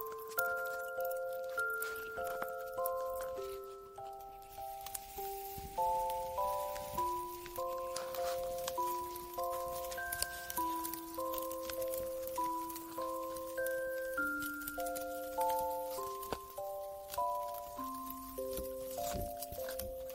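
A music box plays a slow, gentle tune of plucked metal notes, each ringing briefly and fading before the next. The melody moves steadily at an even pace in a bright middle range, with soft lower notes underneath and a faint hiss throughout.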